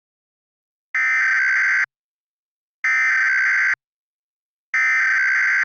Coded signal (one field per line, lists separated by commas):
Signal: Emergency Alert System (SAME) tones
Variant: header bursts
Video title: Eas scenario West Coast impact